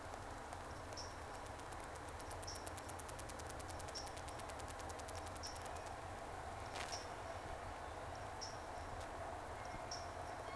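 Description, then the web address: Whale clicks in a rapid train for several seconds in the first half, over steady underwater hiss with regular high-pitched pings and scattered sharp clicks. Two whales, 3 October 2006 around 14:02, second round. "Sea Snake 10-3-06 Whales X 2"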